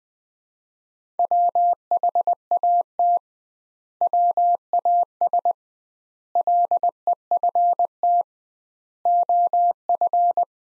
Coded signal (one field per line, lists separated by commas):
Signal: Morse code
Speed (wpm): 20 wpm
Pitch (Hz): 700 Hz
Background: none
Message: WHAT WAS LEFT OF